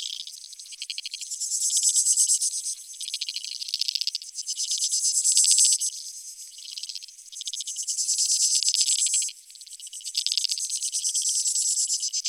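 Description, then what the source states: Insect chorus of fast, shrill pulsing trills, several callers overlapping in waves that rise and fall every few seconds, with nothing else heard. Creek insects; field recordings made in 2011 in Australia or Portugal for a collaborative soundwork, some recordings left unaltered and others processed.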